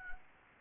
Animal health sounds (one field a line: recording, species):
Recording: mosquito wingbeat signal from an infrared sensor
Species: Anopheles gambiae